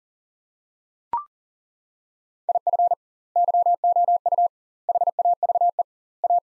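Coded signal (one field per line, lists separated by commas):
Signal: Morse code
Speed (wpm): 37 wpm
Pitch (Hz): 700 Hz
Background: none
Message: IF YOU HAVE A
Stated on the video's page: Morse practice at 40 wpm: sets of four words with double word spacing, a word-level Farnsworth-style drill for head-copying.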